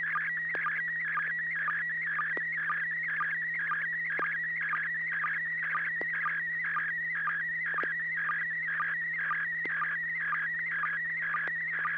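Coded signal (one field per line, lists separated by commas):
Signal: SSTV (slow-scan television)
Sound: continuous warbling whistle shifting pitch, with a short low blip about twice a second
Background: low steady hum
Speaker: Jacob you're up first are you ready to send an image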